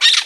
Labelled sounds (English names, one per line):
Brown-throated Parakeet contact call